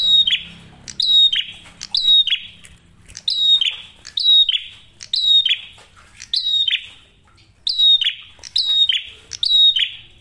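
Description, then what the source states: Prinia song: a clicking start, a piercing whistle and a harsh falling buzz. Phrases repeat around once a second throughout. Masteran tutor audio for training songbirds; prenjak merah singing actively with a clear voice.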